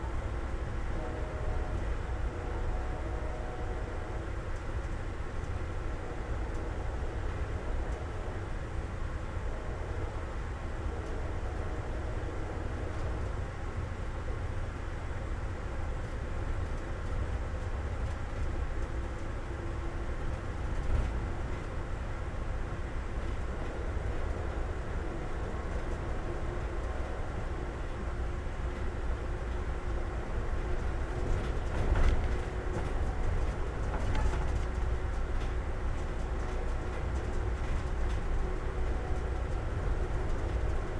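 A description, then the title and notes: A train ride, heard as a steady, dense rumble with a strong low roar and a hiss on top that barely changes across the whole stretch. Faint clicks and rattles come through now and then, with a brief louder knock around 32 seconds. Train Ride From Tampa To Ft.Lauderdale.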